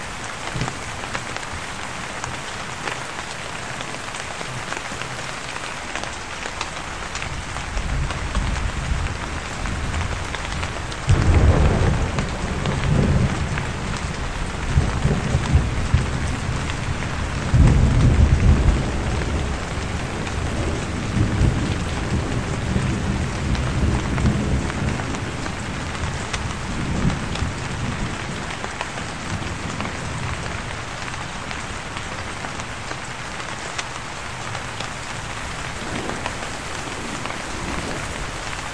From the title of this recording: Rain & Light Thunder Rumbles